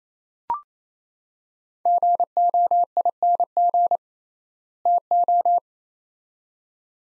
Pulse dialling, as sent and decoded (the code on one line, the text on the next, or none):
none